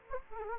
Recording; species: mosquito wingbeat signal from an infrared sensor; Anopheles gambiae